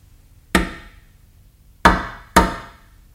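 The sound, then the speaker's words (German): Three solid wooden knocks on a door: a single rap, a pause of over a second, then two quicker raps in succession, each sharp and loud with no voices. “Wer klopft?”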